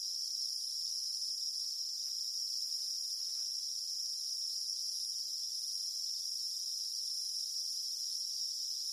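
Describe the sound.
Cicada song forms a flat, continuous high-pitched drone, with a couple of faint brief clicks early on.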